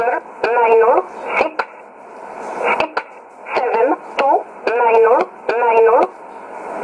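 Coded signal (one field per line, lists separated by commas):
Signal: numbers station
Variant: E11 Oblique, English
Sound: female-like voice reading short separate words, about eight, over narrow shortwave audio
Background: radio static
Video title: 14 02 2017 Numbers station E11 Oblique in English to Eu 1051 on 12153 in USB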